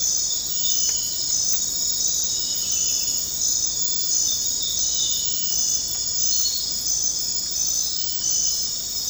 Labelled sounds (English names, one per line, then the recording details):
none
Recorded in dense forest near Puerto Asís, Putumayo, Colombia, on 4 March 2025 at 23:00
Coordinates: 0.500, -76.322
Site GP06